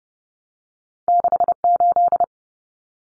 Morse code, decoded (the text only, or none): 68